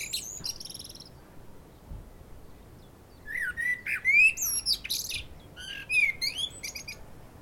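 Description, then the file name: Common blackbird: high thin twittering first, then rich rising and falling fluted whistles mixed with squeaky high notes, several phrases in quick succession. "Turdus merula"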